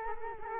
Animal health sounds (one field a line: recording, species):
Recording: mosquito wingbeat signal from an infrared sensor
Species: Culex quinquefasciatus